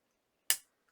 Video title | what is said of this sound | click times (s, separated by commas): MrSpeakers Aeon Flow Open Headphones Review | So you push, turn, and it falls into place. Then you push again until it clicks | 0.5 s